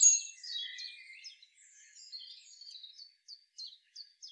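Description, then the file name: Eurasian wren song: a dense, high twittering jumble of quick notes, then a few separate sharp chips spaced about a third of a second apart. "Troglodytes troglodytes"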